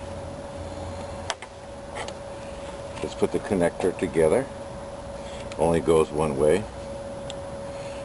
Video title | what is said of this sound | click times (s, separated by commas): How to replace side rear view mirror on Toyota Camry | Snaps right in there. | 7.3 s